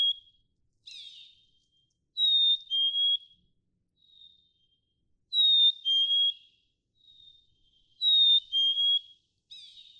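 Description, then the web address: Black-capped chickadee song, three sweet two-note whistles, high then lower, mixed with a few short chip notes. "birdsongforthecurious Black-capped Chickadee"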